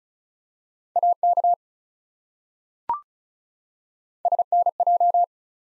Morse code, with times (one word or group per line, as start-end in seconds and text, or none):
1.0-1.5 AK
4.3-5.2 SNJ